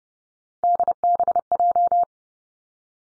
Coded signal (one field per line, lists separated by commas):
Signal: Morse code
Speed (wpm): 32 wpm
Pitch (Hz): 700 Hz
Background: none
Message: DBJ